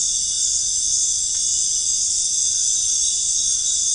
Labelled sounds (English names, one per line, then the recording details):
none
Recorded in dense forest near Puerto Asís, Putumayo, Colombia, on 23 June 2025 at 19:00
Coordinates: 0.481, -76.323
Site G072